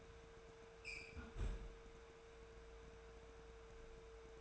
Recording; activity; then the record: daily activity, microphone in the room; close fridge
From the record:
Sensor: 2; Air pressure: 1014.8 hPa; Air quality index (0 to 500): 192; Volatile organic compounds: 16 ppm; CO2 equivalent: 2533 ppm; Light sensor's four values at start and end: 14/36/15/16 and 20/50/21/23